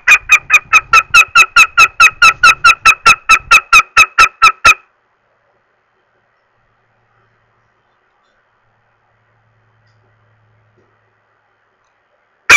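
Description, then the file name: Northern goshawk uttering a fast, even string of harsh, nasal kek notes for nearly five seconds, then silence. "Goshawk"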